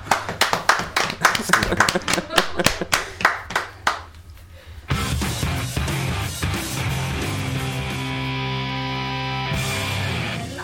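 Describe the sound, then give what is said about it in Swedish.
A person claps hands on the radio station Magnatradio in a quick, slightly uneven burst of about fifteen sharp claps over four seconds, then a short pause before steady music starts up. “Jag applåder på det.”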